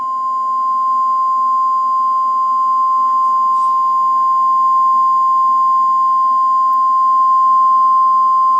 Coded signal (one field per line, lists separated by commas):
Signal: Emergency Alert System (SAME) tones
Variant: 1050 Hz attention tone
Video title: USA eas alarm (read disc)